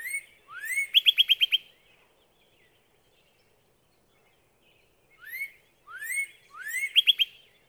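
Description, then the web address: Northern cardinal song: two rising slurred whistles followed by a quick run of about six sharp repeated notes, the phrase returning after a pause of several seconds. "birdsongforthecurious songs Northern Cardinal"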